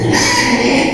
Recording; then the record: squeal of a Yucatan mini pig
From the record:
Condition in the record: before surgery on the right vocal fold (resection and tissue-engineered implant); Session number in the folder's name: 2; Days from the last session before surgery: 0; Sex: male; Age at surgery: 12 weeks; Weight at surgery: 13 kg